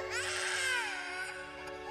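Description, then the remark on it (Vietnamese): A high, wavering cry rises and then slowly falls, drawn out and mournful, with a sustained tonal wail lasting the whole moment and no words spoken. “Hai cái dông còn chưa kịp bước chân ra khỏi cửa thì đã nghe thấy tiếng khóc ai quán vang lên.”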